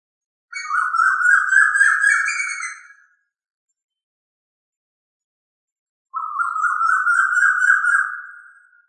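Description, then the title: Chicken calling twice, each a drawn-out, slightly rising tonal note lasting a few seconds, separated by a long silent gap. "manok ostrali"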